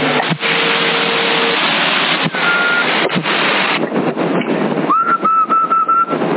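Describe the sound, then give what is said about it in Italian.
A whistle comes through a hissy, crackling CB radio channel in Sassari, June 2023: steady background static with sharp clicks, a couple of brief level tones, then a run of short, high whistled notes toward the end. “Avanti fischio.”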